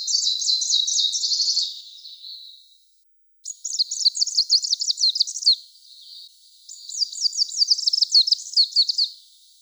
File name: Phylloscopus trochiloides